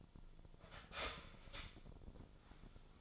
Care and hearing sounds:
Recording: daily activity, microphone in the room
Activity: start toaster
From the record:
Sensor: 5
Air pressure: 1009.4 hPa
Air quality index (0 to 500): 169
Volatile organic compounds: 4 ppm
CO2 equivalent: 1632 ppm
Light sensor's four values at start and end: 89/236/96/101 and 89/236/96/101

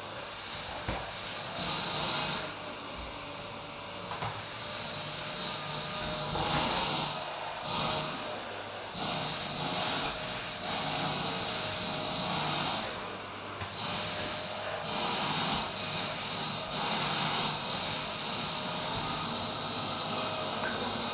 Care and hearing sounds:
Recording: daily activity, microphone in the room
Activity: vacuum cleaning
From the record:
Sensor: 2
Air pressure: 990.9 hPa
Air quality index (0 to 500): 135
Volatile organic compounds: 177 ppm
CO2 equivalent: 4132 ppm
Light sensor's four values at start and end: 21/50/20/20 and 21/49/20/20

